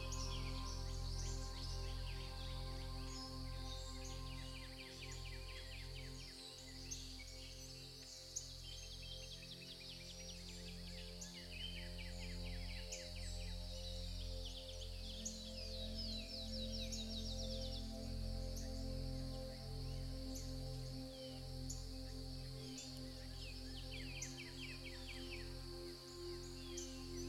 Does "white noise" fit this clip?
no